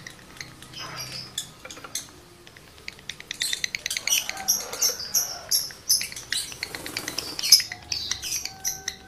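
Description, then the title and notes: Lovebird song building from soft ticking into dense high twittering and sharp squeaks, clustered bursts through the second half. Male lovebird in breeding condition, singing; used to stimulate other lovebirds into singing. "Birahi Lovebird Jantan ke Gacor. Pancingan Suara Lovebird jantan birahi ini sangat manjur untuk burung Lovebird Anda"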